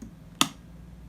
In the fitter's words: if you press it down you're gonna hear a click that's